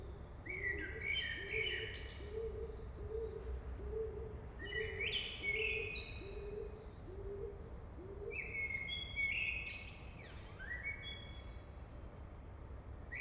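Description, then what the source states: Common blackbird singing mellow, warbling phrases that end in high twitters, with a lower note repeated steadily beneath for about the first eight seconds, over constant low background noise. Recorded in a city at 8 am.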